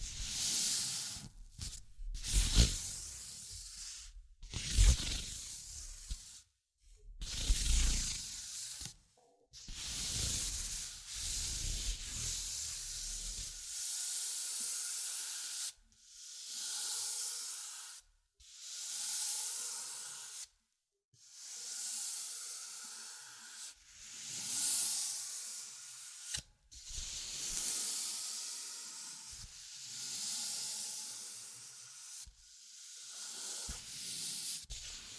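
Bright scratching and tracing strokes come in bursts separated by short silences, with occasional low taps early on and a faint steady tone underneath.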